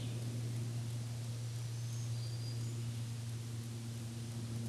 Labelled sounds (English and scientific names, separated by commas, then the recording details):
Black-throated Green Warbler (Setophaga virens) song
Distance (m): 45 m
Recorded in a Pennsylvania forest on 1 June 2023 at 08:59
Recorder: AudioMoth, point grid3_12_high
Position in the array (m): 218 m, 137 m